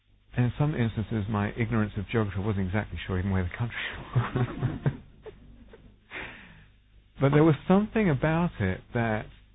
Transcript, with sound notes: In some instances, my ignorance of geography, I wasn't even exactly sure where the country was. [laughter] But there was something about it that